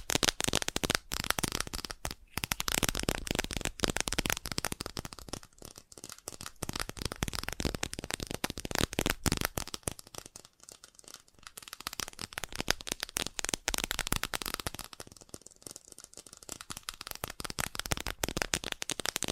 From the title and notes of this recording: FAST TAPPING (No Talking).